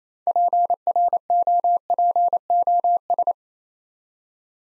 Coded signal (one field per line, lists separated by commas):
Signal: Morse code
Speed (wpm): 29 wpm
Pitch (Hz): 700 Hz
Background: none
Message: PROPOS